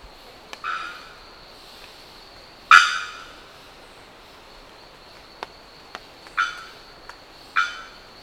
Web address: sound bearded-bellbird. صدای-پرنده-زنگمرغ-ریشدار